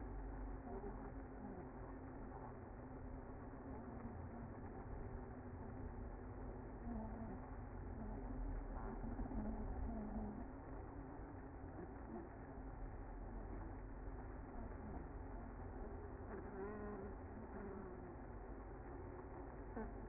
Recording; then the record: honeybee colony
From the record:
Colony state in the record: active